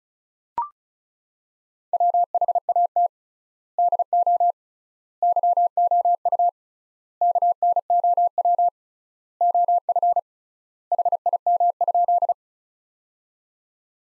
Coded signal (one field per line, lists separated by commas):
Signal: Morse code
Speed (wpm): 36 wpm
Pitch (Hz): 700 Hz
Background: none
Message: WHAT DO YOU KNOW OF HIM?